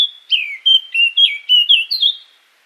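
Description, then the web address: Eurasian blackcap song, a run of clear whistled notes with slurred downward and upward inflections, several phrases in quick succession, ending on a higher fluting note. "cianscape birddata Deverinetal 2025"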